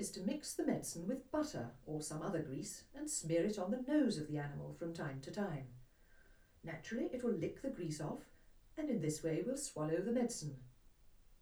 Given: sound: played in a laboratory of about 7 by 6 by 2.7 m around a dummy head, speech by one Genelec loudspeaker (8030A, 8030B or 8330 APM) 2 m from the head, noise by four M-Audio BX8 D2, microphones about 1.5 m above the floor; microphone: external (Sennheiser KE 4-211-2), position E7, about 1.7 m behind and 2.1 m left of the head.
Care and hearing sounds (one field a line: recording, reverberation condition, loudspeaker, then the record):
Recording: female speech in English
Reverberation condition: low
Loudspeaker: 30 degrees to the left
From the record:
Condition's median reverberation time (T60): about 310 ms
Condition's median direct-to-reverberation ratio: about 3.5 dB